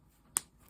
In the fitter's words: Hear that snap?